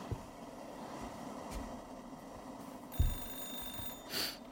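Partway through, a telephone begins ringing: a high, steady electronic tone with a brighter shrill burst near the end, over a low rumbling background and with no talking.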